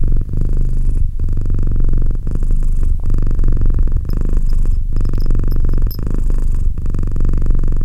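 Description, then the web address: Domestic cat purr, low continuous rumbling in breath-length pulses, with faint tiny high ticks partway through. "Cat Purr 201308 Cat purr"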